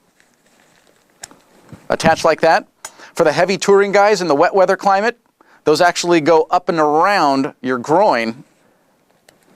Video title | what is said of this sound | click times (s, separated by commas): Spidi Net Force Motorcycle Jacket at BikeBandit.com | clicks right in and it keeps the jacket basically pulled down so that you don't get lift from it | 9.3 s